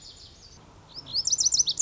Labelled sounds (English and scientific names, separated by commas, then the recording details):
Lazuli Bunting (Passerina amoena)
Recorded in Sonoma County, California